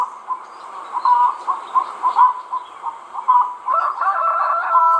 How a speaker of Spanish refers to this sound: La gallina.